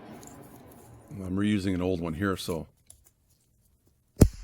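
A reused plastic wiper blade adapter clip is pushed onto the shaft or pivot point of a front wiper arm on a Grand Caravan or VW Routan. Someone talks from about 1.1 to 2.6 s, faint ticks follow near 2.9 and 3.1 s, and then a sharp, loud snap at 4.2 s marks the clip seating firmly onto the arm.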